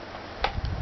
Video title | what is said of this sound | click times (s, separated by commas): Vanguard PEX tube? + Modified Nerf Sharpshooter I | I'm just gonna so one click two | 0.4 s, 0.6 s